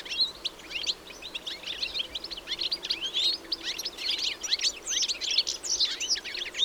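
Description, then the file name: European goldfinch twittering: a steady stream of thin, bright chirps and trills, with occasional louder sharp notes. "Carduelis carduelis"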